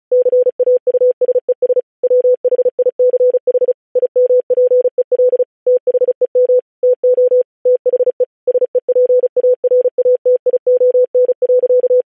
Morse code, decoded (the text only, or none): CAUSES WHICH IMPEL THEM TO THE SEPARATION.